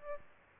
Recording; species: mosquito wingbeat signal from an infrared sensor; Aedes albopictus